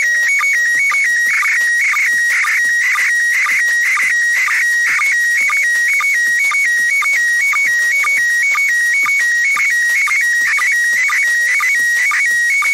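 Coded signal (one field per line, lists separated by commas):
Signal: SSTV (slow-scan television)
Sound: warbling tone hopping between high pitches, with a short low blip roughly twice per second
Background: radio static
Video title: ISS SSTV 29 July 2019 - Start of the pass at 3.4 degrees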